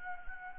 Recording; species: mosquito wingbeat signal from an infrared sensor; Anopheles arabiensis